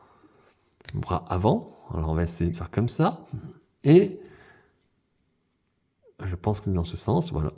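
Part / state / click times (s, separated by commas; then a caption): plastic forearm guard onto action figure arm / not seated / none. A small plastic forearm guard from Mattel is held against the arm of a Turtles of Grayskull Serpentor action figure to find the right direction before clipping it on, while someone talks. Only faint handling ticks are heard around 0.8 seconds, and the guard has not clicked into place yet.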